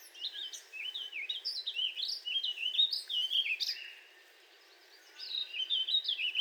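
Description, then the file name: Warbling vireo song: a rapid, run-on warbled phrase of rising and falling notes, a pause, then another phrase begins. "Warbling Vireo 2 minutes of singing"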